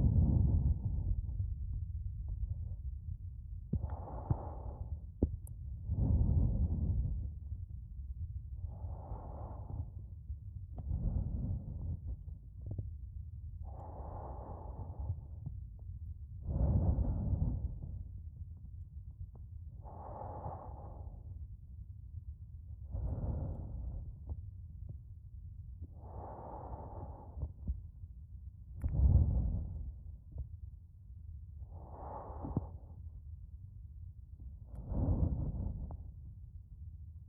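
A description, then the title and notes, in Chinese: Muffled ear-massage sounds: soft rubbing swishes come in slow, even strokes about every three seconds. Each stroke swells and fades, over a steady low rumble throughout. 采耳按摩。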